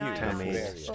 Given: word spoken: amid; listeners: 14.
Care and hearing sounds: one English word in noise, from a listening test; four-talker babble; -2.0 dB; 0 of 14; 6 of 14; 0.55 s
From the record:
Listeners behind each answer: 6, 1, 1, 1, 1, 1, 1, 1, 1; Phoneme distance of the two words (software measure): 17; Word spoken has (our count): 2 syllables, 4 phonemes, stress on syllable 2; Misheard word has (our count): 2 syllables, 5 phonemes, stress on syllable 1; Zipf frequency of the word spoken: 3.70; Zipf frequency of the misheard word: 3.23

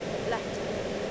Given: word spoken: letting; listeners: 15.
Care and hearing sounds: one English word in noise, from a listening test; speech-shaped noise; -6.2 dB; 0 of 15; 13 of 15; 0.71 s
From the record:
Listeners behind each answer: 13, 2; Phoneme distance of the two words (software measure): 17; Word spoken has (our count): 2 syllables, 5 phonemes, stress on syllable 1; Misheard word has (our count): 2 syllables, 4 phonemes, stress on syllable 1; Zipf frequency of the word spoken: 4.49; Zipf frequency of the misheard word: 4.85

